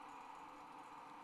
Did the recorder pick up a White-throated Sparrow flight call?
no